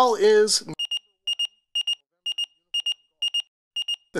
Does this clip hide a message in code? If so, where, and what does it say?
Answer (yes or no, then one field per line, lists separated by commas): no